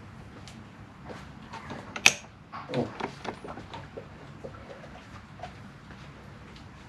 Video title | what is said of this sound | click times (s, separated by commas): How to install the Roadlok security bracket | there you go i didn't even have to move it more than a couple of millimeters and it clicked in nicely | 2.1 s